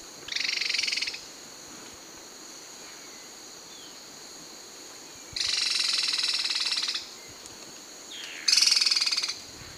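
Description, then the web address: Sooty antbird giving harsh, buzzy rattling alarm calls in three short bursts, over a steady high-pitched drone. Alarm calls; South American eastern lowlands. "Natures Songs S America Eastern Lowlands Myrmeciza fortis, alarm calls"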